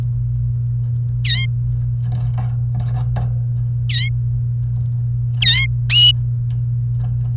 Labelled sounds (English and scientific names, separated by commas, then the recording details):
Domestic Canary (Serinus canaria) song
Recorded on 28 April 2018 at 09:56
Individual llb3